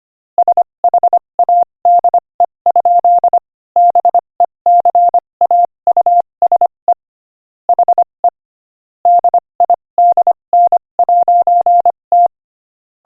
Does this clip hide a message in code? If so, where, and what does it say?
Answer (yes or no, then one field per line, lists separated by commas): yes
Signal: Morse code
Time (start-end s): 0.4-12.3 s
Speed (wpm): 25 wpm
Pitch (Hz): 700 Hz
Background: none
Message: SHADE? BECAUSE HE DIDN'T